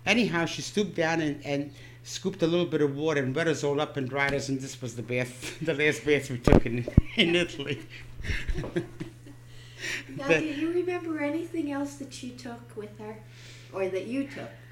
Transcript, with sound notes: Anyhow, she stooped down and scooped a little bit of water and wet us all up and dried us, and this was the bath, the last bath we took in Italy. ( they laugh )
Now, do you remember anything else that she took with her, or that you took?